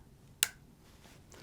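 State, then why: Seated. A stripped wire conductor is pushed into a Weidmuller snap-in DIN-rail terminal block, and the clamp closes with a single loud, sharp click at 0.4 s, followed by a faint tick at 1.3 s. The wire is seated, and the audible click serves as the first safety feature confirming it.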